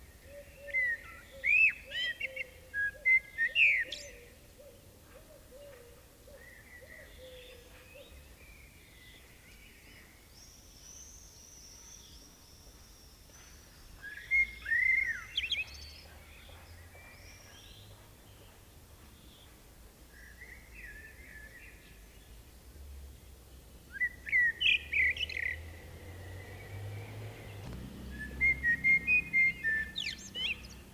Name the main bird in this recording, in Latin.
Turdus merula